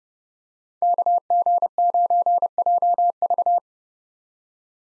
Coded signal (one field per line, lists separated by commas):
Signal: Morse code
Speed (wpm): 30 wpm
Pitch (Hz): 700 Hz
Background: none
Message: KG9JV